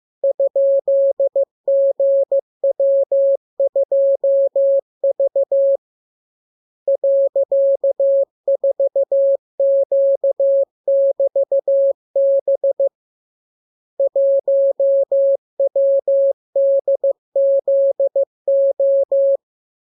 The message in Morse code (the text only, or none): ?GW2V .4Q<BT>B 1WDZO